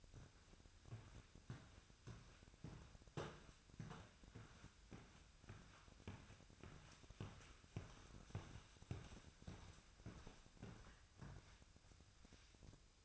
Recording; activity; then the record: daily activity, microphone in the room; walk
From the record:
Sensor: 2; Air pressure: 1001.5 hPa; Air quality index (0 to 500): 228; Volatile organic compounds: 26 ppm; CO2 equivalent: 2864 ppm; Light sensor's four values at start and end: 8/28/11/10 and 8/28/11/10